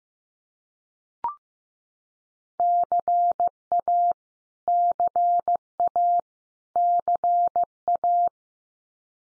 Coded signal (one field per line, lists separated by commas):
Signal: Morse code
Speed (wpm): 15 wpm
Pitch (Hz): 700 Hz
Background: none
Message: CA CA CA